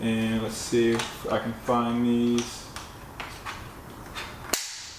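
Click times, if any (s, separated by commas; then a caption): 4.5 s. While putting a Ruroc RG1-DX motorcycle helmet back on, someone talks and then pushes a plastic helmet fitting down into the helmet shell, with a few soft knocks around 2.8 and 3.2 seconds. A sharp click at 4.5 seconds marks the fitting locking into place, signalling it is locked and secure.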